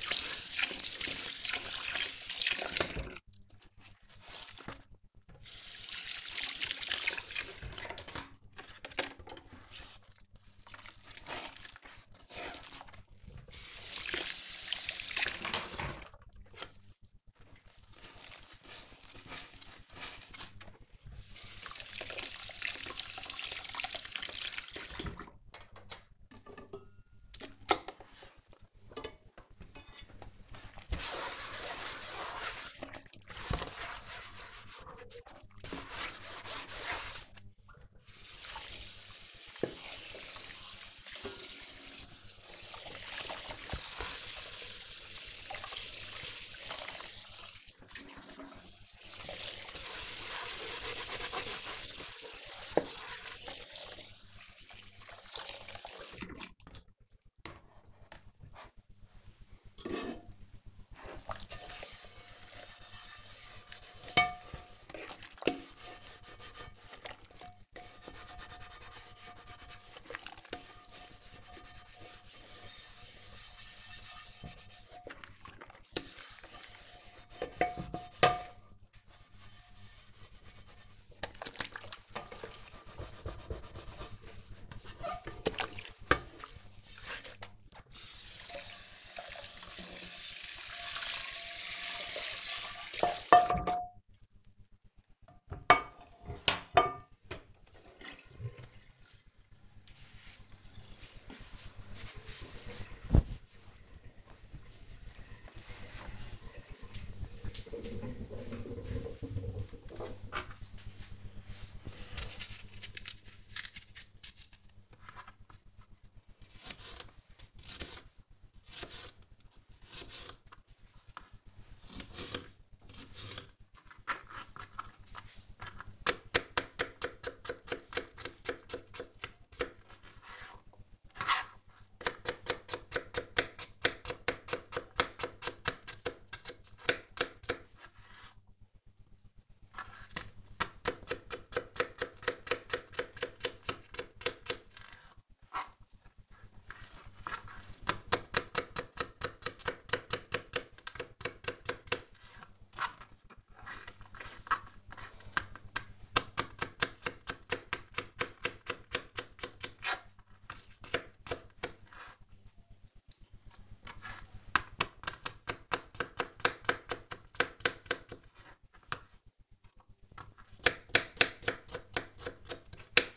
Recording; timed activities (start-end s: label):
household activities, microphone on the right wrist
0.00-94.95 s: washing dishes
109.09-173.17 s: cutting vegetables